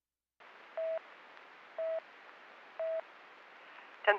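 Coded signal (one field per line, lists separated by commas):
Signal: none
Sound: police radio channel beeps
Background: speech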